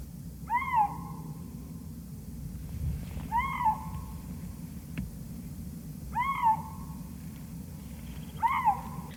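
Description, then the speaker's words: Eurasian lynx calls: short, arched, moaning cries with a harmonic overtone, repeated about every three seconds over a low rumbling background. Lynx mating-season call, said to resemble that of a fox or roe deer. "C'était le cri du lynx boréal, c'est Anouk qui va vous en parler."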